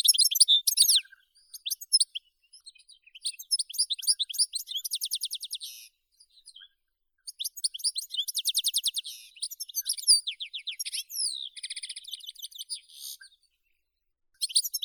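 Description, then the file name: European goldfinch song: long bursts of fast, bright twittering with rattling trills and tinkling notes, broken by short silences, resuming in quick chattering runs. "Golosa ptic - CSHegol Carduelis carduelis"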